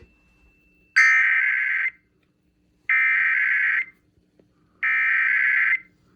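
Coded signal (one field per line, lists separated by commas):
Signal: Emergency Alert System (SAME) tones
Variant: header bursts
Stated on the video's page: Weekly tests received from FM broadcast and NOAA Weather Radio, plus a Shasta required monthly test.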